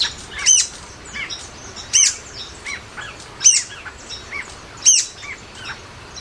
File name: canto do trepador quiete